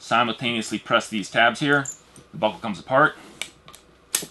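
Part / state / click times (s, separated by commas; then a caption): male buckle half into female buckle half on a riggers belt / seated / 4.1 s. Someone talks, then the male half of an Austria Alpine Cobra quick-release buckle, CNC machined from one solid piece of aluminum and rated to 9 kN (about 2,200 lb), is pushed into the female half on a Slick Brick Cobra riggers belt. After a few light ticks, one solid click at 4.2 s shows the buckle has locked shut and will not release under tension.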